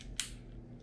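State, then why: Seated. A mini revolver is pulled out of its folding holster grip, and the grip swings open and locks into its firing position with a single sharp snap at 0.2 s. The folding holster grip is seated in place on the mini revolver frame.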